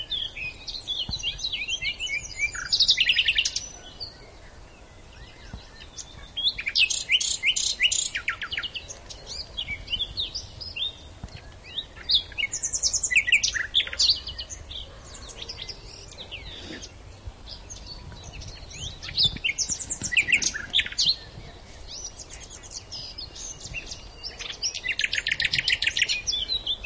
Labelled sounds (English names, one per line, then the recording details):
Common Nightingale song
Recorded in the wild
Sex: male
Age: adult
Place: Lübars (Fließtal), Berlin, DE
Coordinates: 52.6167, 13.35
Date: 1999-05-01 10:35
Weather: fair, 15°C
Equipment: Nagra SN, Kopie Uher 4000 Report Monitor
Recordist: Tembrock, Günter